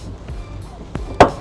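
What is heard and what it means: A driver-side tail light housing on a 2004 Toyota Sienna is reinstalled: its tabs are lined up, then it is given a light tap until it pops into the vehicle body clips. A faint knock sounds at 0.9 s, followed by a sharp, loud pop at 1.2 s as the housing seats in place.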